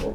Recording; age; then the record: pig call; piglet (1 to 25 days)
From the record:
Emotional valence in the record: positive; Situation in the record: reunion after long isolation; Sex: female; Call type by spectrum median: low-frequency call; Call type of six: low-frequency stable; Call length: 0.14 s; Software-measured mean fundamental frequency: 67 Hz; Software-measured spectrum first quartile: 139 Hz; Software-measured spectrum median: 381 Hz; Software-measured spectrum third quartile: 600 Hz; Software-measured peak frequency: 459 Hz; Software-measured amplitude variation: 100 dB a second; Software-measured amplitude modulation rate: 17.3 a second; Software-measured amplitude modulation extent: 5.8 dB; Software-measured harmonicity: 0.7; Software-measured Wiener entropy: -0.63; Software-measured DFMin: 1061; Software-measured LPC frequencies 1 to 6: 480, 2699, 3600, 5068, 5698, 6489 Hz